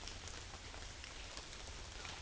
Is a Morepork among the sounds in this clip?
no